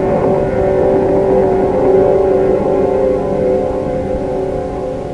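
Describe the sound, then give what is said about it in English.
A deep, grinding roar of a ship's hull tearing open, loud and continuous with droning low tones, holding steady for several seconds before easing slightly at the end. “And then, there was the most terrible, grinding roar as if some monstrous animal had ripped the entire bottom out of the boat.”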